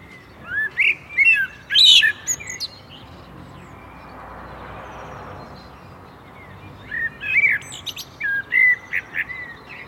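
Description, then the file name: Common blackbird delivering two fluty song phrases, each sliding whistles topped by a squeaky flourish, with a quiet gap between them. "Turdus merula"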